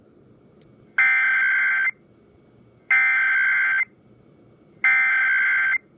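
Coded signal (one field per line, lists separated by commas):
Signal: Emergency Alert System (SAME) tones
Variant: header bursts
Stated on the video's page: 2018 National Periodic Test EAS alert taken from a TV station's livestream.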